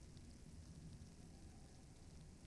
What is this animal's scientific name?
Strix aluco